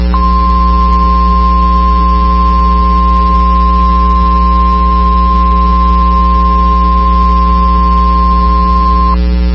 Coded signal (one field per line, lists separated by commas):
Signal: Emergency Alert System (SAME) tones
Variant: 1050 Hz attention tone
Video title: Severe Thunderstorm Warning (Osage and Pawnee Counties, OK) (9/19/24) [EAS #36]